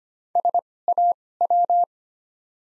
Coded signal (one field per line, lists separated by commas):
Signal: Morse code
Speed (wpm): 25 wpm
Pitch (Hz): 700 Hz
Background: none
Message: SAW